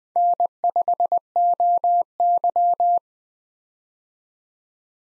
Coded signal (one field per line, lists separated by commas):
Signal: Morse code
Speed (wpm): 20 wpm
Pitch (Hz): 700 Hz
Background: none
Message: N5OY